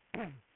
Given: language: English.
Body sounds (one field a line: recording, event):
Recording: throat vibration sensor signal played as sound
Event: throat clearing